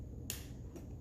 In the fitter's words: Just a small click, and then you can reset it to whatever.